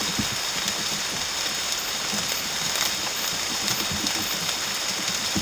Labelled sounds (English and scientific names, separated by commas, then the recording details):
none
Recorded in dense forest near Puerto Asís, Putumayo, Colombia, on 8 March 2025 at 02:30
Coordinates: 0.486, -76.317
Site G053